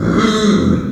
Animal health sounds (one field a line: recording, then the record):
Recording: squeal of a Yucatan mini pig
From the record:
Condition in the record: after surgery on the right vocal fold (resection and tissue-engineered implant)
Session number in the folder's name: 9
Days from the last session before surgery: 65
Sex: female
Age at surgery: 19 weeks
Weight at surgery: 25 kg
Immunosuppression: prednisolone